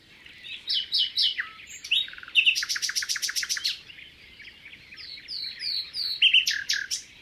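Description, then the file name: Common nightingale song: rich varied phrases of whistles, clicks and a fast repeated rattling burst, with pauses between phrases. "Luscinia megarhynchos"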